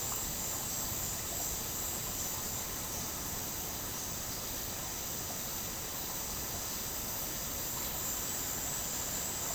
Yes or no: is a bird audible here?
no